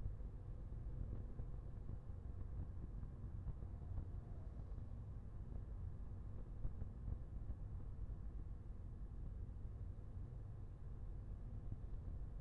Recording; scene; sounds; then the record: everyday scene through a hearing-aid microphone; in a vehicle; engine, highway driving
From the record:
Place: Skoda Fabia, gasoline engine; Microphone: behind the ear, left, front